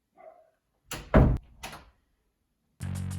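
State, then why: Not seated. An interior door that sags is pushed shut, making a series of knocks and rattles between about 0.9 and 1.9 seconds as its latch bolt meets the door frame strike plate. Because the bolt sits too low for the strike plate, the latch does not catch, nothing clicks or seats, and the door swings back open. Music plays, coming in strongly from about 2.8 seconds.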